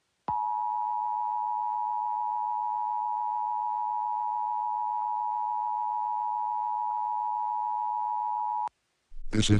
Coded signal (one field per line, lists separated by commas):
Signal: Emergency Alert System (SAME) tones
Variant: 853 and 960 Hz attention tone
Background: speech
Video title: Dry Virtual Virus Tries To Kill The EAS Reporter/Grounded (Reuploaded For The Last Time)